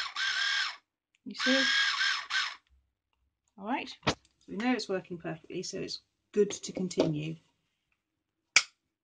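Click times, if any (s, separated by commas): 8.6 s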